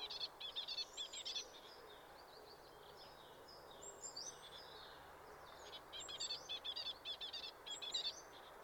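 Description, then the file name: Great tit calls: quick bursts of high, chirpy notes in rapid runs, one at the start and another in the second half, with steady background hiss between. "Parus major"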